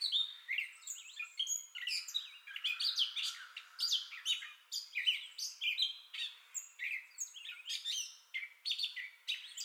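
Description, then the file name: Gray catbird song, fast, varied squeaky and scratchy phrases pouring out without a break. Entire song bout, 30 May 2021. "2021-05-30 Gray Catbird Entire Song Bout"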